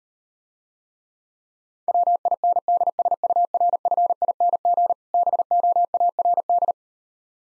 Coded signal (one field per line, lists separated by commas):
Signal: Morse code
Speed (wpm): 39 wpm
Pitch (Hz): 700 Hz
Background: none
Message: WINDSURFING BOARD